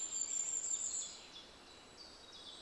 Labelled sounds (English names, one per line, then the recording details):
Common Chiffchaff
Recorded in Germany
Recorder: ecoPi